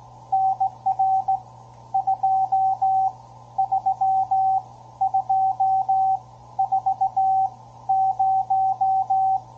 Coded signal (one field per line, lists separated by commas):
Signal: Morse code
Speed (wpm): 17 wpm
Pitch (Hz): 770 Hz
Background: radio noise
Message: NR 23240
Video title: Ten-Tec Argonaut 515, CW QSO (CC)